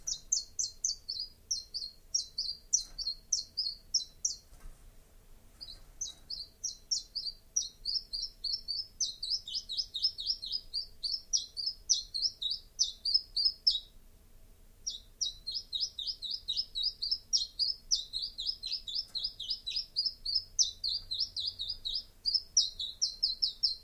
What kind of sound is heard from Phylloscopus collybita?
song